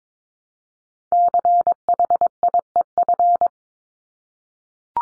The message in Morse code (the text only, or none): CHIEF